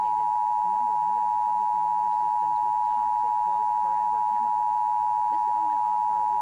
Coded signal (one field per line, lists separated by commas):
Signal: Emergency Alert System (SAME) tones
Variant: 853 and 960 Hz attention tone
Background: speech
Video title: (Rare TV Capture!) EAS 810: WCTX 59.2 Tornado Watch for Long Island NY & All of CT, 07/16/23 8:40 AM